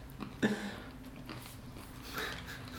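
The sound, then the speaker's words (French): Someone crunches a candied peanut: one sharp, crackly bite followed by softer chewing crunches and a later burst, all fairly quiet with no talking. “Il y a après un chouchou. Voilà. Et ça croque.”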